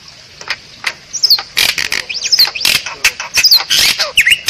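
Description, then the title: Black-winged myna song: dense, varied chatter of clicks, harsh bursts and quick high whistles, growing busier after a quieter start. Dense, vigorous song with many variations, used as a master recording for training other birds to sing. "Kicauan Rapat Jalak Putih Gacor Banyak Variasi Untuk Masteran"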